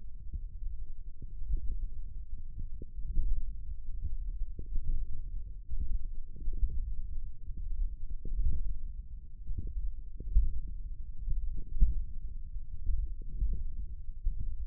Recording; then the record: forearm muscle sounds (acoustic myography)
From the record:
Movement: hook grip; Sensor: system 1, eight BSWA MPA416 microphones around the upper forearm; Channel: 5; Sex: female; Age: 20 years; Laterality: right